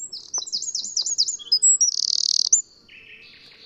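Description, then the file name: Eurasian wren song: quick high slurred notes racing into a rattling trill. "Troglodytes troglodytes"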